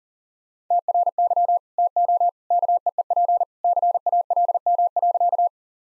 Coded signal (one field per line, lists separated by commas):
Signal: Morse code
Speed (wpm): 40 wpm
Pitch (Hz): 700 Hz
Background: none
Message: TRY TO KEEP CALM.